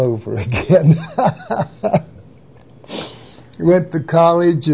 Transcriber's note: laughs